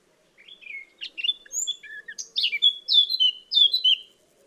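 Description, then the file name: Eurasian blackcap song: a rambling chatter of scratchy twitters building into loud, clear fluting whistles near the end, delivered in a quick, uneven stream. "Sylvia atricapilla"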